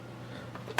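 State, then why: Seated. A 30-round magazine is hooked at the front and rocked down into the magwell of a Zastava Arms ZPAP85 AK-pattern pistol in 5.56x45, because it has a tilt and can't simply be pushed straight in. A faint handling tap sounds at 0.6 s over low background hum, then a sharp, loud click at 0.8 s as the magazine locks and seats.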